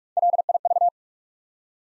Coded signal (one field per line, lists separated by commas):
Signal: Morse code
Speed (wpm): 46 wpm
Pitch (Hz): 700 Hz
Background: none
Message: LIV